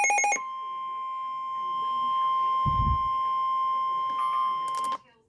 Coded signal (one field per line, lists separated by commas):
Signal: Emergency Alert System (SAME) tones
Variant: 1050 Hz attention tone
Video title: Severe thunderstorm warning FOR MY CITY AGAIN! (eas#8)